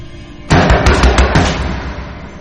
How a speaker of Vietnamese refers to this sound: Có tiếng đập cửa, Linh bung mền ra chạy đi mở cửa.